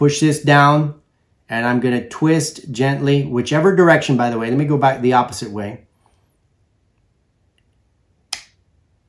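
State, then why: Seated. A dental contra-angle handpiece, purposely misaligned, is pushed down onto a micromotor and twisted gently until the indentations line up while someone talks. After a quiet pause, it snaps into place with a short, sharp click at 8.3 s, seating the handpiece fully on the micromotor.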